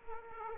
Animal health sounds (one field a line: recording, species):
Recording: mosquito wingbeat signal from an infrared sensor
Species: Aedes aegypti